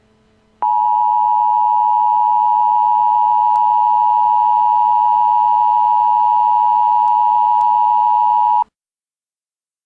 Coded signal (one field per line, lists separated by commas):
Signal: Emergency Alert System (SAME) tones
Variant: 853 and 960 Hz attention tone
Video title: Just a little sneak peak! |Nuclear EAS scenario| Pt 1 (WARNING FLASHING AND FLICKERING LIGHTS)